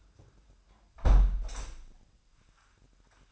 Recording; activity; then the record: daily activity, microphone in the room; close window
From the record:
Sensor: 2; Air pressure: 998.4 hPa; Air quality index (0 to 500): 151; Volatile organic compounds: 5 ppm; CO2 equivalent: 1719 ppm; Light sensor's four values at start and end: 14/33/14/16 and 13/31/13/15